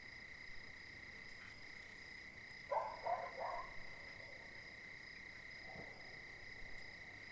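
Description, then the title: Dog barks in a short burst of several yelps near the middle, a fainter bark follows, all over a continuous high cricket trill. Several dogs barking at night, 02:59, Cilaos, quartier des Étangs, Réunion, 20 January 2019; nearest dog silent, crickets audible; neighbourhood overrun with dogs. "CILAOS quartier des Étangs - 20190120_02h59 chiens pour la nuit"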